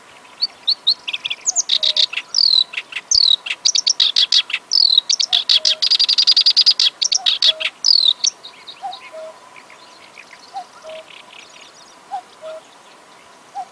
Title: Masteran Suara Merdu Burung Kerak Basi Besar Gacor